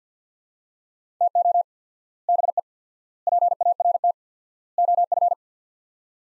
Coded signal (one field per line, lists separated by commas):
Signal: Morse code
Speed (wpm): 50 wpm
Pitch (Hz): 700 Hz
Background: none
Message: TO BE PART OF